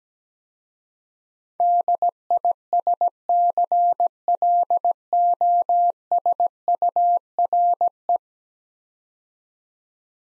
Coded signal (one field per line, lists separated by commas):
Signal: Morse code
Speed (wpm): 17 wpm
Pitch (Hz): 700 Hz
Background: none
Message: DISCLOSURE